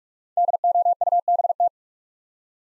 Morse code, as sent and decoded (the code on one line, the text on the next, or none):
-.. --- ..- -... -
DOUBT